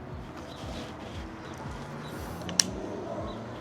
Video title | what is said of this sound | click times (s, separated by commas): Forcemech Ultralite G20 Pro Electric Wheelchair - Review | There's a click, and then it locks into place. | 2.6 s